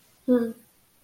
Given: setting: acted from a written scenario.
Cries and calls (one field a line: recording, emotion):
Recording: vocal sound without words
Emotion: neutral